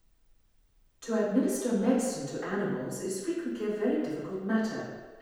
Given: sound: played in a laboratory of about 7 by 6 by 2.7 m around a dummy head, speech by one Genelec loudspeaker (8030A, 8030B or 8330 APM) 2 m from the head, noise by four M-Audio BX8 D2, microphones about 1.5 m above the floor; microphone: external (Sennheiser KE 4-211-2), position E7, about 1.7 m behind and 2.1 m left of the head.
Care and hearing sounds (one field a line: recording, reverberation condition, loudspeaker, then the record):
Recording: female speech in English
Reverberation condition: high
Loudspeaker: 90 degrees to the right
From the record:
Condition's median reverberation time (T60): about 1300 ms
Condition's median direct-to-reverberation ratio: about -4.0 dB